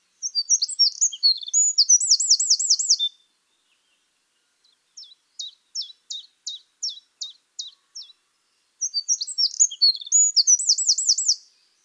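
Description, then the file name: Eurasian wren song: a high, fast jumble of notes ending in a rattling trill, then a row of sharp ticking notes two or three times a second, then the trilling song again. "Troglodytes troglodytes"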